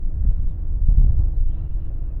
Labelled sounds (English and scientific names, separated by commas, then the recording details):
House Finch (Haemorhous mexicanus) song
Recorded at WGilgo Beach on Long Island, New York, on 22 May 1975
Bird D